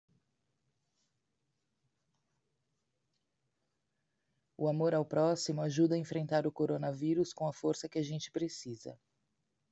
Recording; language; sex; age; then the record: spoken sentence; Brazilian Portuguese; female; 40 to 49 years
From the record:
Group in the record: control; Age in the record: 45 years